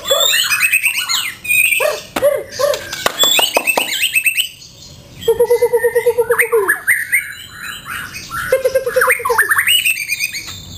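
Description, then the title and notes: White-rumped shama song with complex high phrases, chattering notes and a steady low rapid trill repeated twice between the louder bursts. Song of the bird, offered for training caged birds (masteran). "Suara Kicau Burung Murai Batu. burung murai buat masteran"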